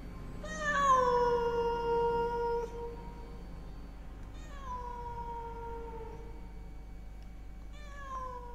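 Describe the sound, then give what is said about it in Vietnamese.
A black cat meows repeatedly around a market neighborhood at night while wind blows: three drawn-out, wavering cries with gaps between them, the first loudest and longest, the later ones fainter, over a low steady background hum. “Đâu đó tiếng của con mèo đen vẫn cứ kêu lên loanh quanh xóm chợ.”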